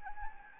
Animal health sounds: mosquito wingbeat signal from an infrared sensor; Anopheles arabiensis

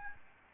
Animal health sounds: mosquito wingbeat signal from an infrared sensor; Aedes albopictus

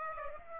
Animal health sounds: mosquito wingbeat signal from an infrared sensor; Aedes aegypti

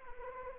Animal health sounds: mosquito wingbeat signal from an infrared sensor; Anopheles arabiensis

